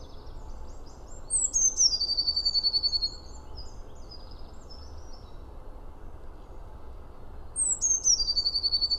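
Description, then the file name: Eurasian blue tit calling: a high thin note sliding down into a fast, even buzzy trill, given twice about six seconds apart over low steady background rumble. "Cyanistes caeruleus"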